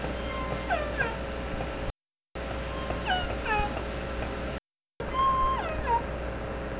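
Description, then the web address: Orca calls: repeated harmonic, whistle-like notes that slide downward, in three short bursts separated by brief silences, over a steady low hum. "Orca Calls Nora"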